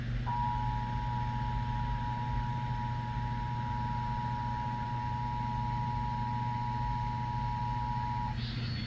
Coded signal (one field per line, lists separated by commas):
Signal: Emergency Alert System (SAME) tones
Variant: 853 and 960 Hz attention tone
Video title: Emergency Alert System - Required Monthly Test for San Francisco Bay Area (4/8/25)